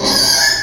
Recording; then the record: squeal of a Yucatan mini pig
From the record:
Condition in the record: before surgery on the right vocal fold (resection and tissue-engineered implant); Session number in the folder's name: 2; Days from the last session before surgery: 0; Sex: male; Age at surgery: 12 weeks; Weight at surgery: 13 kg